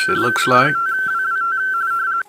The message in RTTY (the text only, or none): KI5WWT